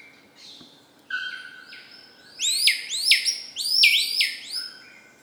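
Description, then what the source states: Bird song: a steady high whistled tone, then a rapid series of sharply rising, sweeping notes in quick succession. Birds singing in the tropical forest of Ilha Grande, Brazil; species unknown.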